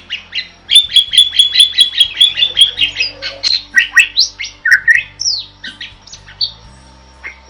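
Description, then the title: Bird song opening with a rapid trill of repeated chirps, then shifting to assorted squeaky and whistled notes; low hum in the background. Masteran recording used for training songbirds. "Master Burung Jos"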